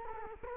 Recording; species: mosquito wingbeat signal from an infrared sensor; Culex quinquefasciatus